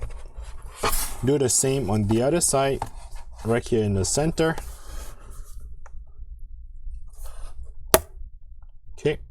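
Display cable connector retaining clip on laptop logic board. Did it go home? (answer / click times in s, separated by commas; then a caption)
released / 7.9 s. Someone talks while the display cable connector retaining clip on a MacBook Pro A2159/A2289/A2251 laptop logic board is opened on the other side, in the center, so the display connector can be released. A single sharp click is heard at 7.9 s as the clip pops open, releasing the connector.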